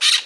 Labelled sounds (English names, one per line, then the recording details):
Brown-throated Parakeet contact call
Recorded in Margarita
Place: Just E of turn-off to San Francisco, near mirador
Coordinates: 11.058, -64.282